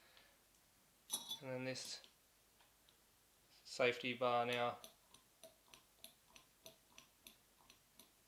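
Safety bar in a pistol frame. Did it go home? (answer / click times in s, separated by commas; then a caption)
yes / 5.7 s, 6.0 s, 6.4 s, 6.7 s, 7.0 s, 7.3 s. Someone talks, then a newly fitted safety bar on a gas blowback airsoft pistol chassis is flicked back and forth in its frame. It snaps into its detents with sharp clicks at 5.7, 6.0, 6.4, 6.7, 7.0 and 7.3 seconds. The safety bar seats cleanly in each detent.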